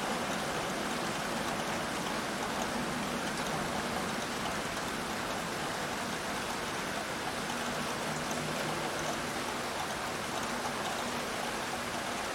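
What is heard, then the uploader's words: Gentle night rain falls in a dense, even hiss that holds steady for the whole stretch, bright and fine-grained with no separate drops standing out. A faint low hum runs underneath, briefly fading around the middle before returning. Mild night rain. Gentle night rain.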